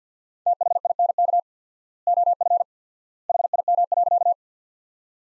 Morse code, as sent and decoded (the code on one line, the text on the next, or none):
- .... .. -. -.- / --- ..-. / .... .. -- .-.-.-
THINK OF HIM.